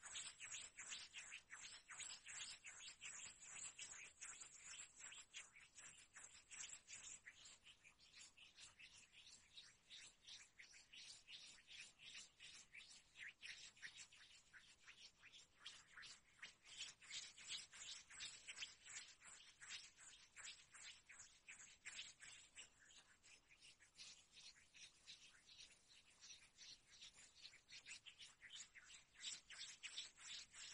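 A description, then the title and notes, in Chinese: Skin being rubbed makes a steady, rapid scratchy rustle of quick strokes, bright and hissy with little low sound, unbroken for half a minute. 助眠摩擦肌肤的声音。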